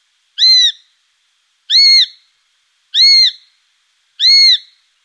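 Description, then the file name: Eurasian sparrowhawk calls: four matching shrill arched notes that rise and fall, evenly spaced about every 1.3 seconds, with no other sounds. "Sparvhok"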